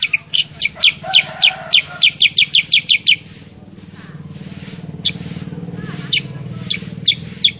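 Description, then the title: Sooty-headed bulbul song of rapid, evenly spaced high chirps, about four per second for three seconds, then scattered single notes over a low background hum. Caged-bird training (masteran) recording of a persistently singing, 'super gacor' sooty-headed bulbul, meant to get other kept birds to answer and copy its song. "Masteran Kutilang Sutra. Kutilang Sutra mana YANG GAK NYAUT dan IKUT BUNYI GACOR dengan suara Kutilang Sutra Super GACOR Ini"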